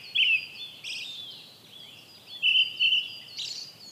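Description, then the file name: Brown-headed thrush giving a few short whistled notes followed by a brief thin high trill. "akahara"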